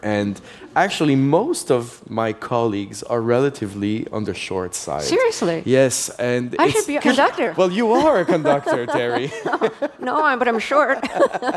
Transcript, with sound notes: And actually, most of my colleagues are relatively on the short side.
Seriously?
Yes.
I should be a conductor. (Laughter).
Well, you are a conductor, Terry.
(Laughter). No. But I'm short.